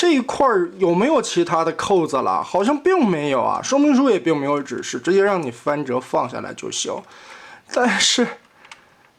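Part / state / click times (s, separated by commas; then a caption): plastic folding panel into robot toy body / partly seated / 8.7 s. Someone talks while folding a plastic panel over and pressing it down into a plastic robot toy body during transformation. A click is heard at 8.7 s as the rear end seats, but the front still lacks pressure and is not fully home, so the panel is only partly seated.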